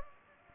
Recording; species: mosquito wingbeat signal from an infrared sensor; Culex pipiens